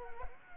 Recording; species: mosquito wingbeat signal from an infrared sensor; Culex quinquefasciatus